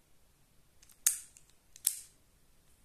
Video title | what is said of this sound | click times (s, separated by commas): Pistolet Browning Baby 6.35 | teraz zaskoczyło | 1.1 s, 1.9 s